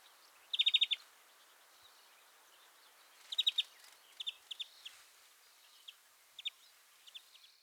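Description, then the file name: European greenfinch calls: two fast trilled bursts, followed by scattered fainter single and paired chirps over a quiet background. "Chloris chloris"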